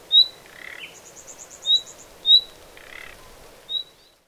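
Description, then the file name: Common nightingale calls: sharp rising whistles mixed with harsh croaking notes and a quick run of soft ticking notes. "Luscinia megarhynchos"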